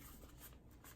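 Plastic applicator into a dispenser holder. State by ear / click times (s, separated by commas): not seated / none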